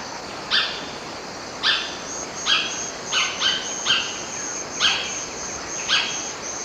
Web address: Natures Songs S America Eastern Lowlands. Automolus infuscatus, calls pair